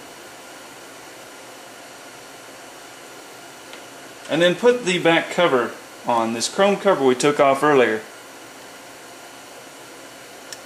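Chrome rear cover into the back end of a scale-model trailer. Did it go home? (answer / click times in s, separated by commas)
yes / 10.5 s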